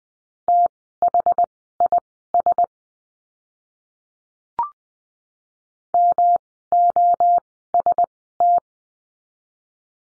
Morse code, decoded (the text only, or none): THIS MOST